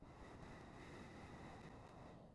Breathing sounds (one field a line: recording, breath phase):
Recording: one breath near a microphone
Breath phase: exhalation